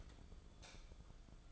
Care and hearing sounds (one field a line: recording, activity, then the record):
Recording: daily activity, microphone in the room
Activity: light on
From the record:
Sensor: 5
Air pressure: 1010.4 hPa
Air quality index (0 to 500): 112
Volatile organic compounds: 2 ppm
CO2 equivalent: 1102 ppm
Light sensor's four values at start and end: 525/1350/557/632 and 525/1350/557/632